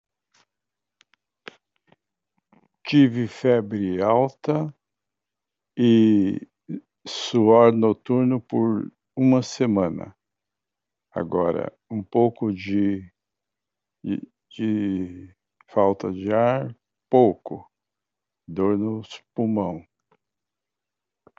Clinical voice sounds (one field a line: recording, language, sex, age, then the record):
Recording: short text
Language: Brazilian Portuguese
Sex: male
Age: 60 to 69 years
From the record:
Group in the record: control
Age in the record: 69 years